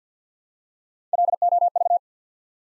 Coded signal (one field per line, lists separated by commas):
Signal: Morse code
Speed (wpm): 48 wpm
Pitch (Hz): 700 Hz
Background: none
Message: LOV